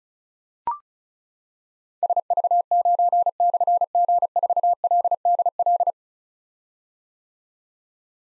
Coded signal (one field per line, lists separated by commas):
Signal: Morse code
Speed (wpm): 36 wpm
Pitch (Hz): 700 Hz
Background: none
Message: SV9/G4LDL